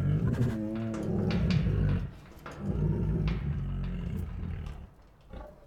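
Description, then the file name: Tiger growling, deep rumbling bursts with harmonic overtones, fading near the end into quieter grumbles. Two tigers making deep defiant growls. "Two Tigers Make Deep Defiant Growls [Sound Ideas]"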